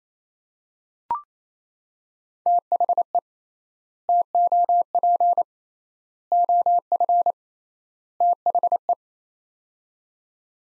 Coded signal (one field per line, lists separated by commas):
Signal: Morse code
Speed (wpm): 28 wpm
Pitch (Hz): 700 Hz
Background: none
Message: THE TOP OF THE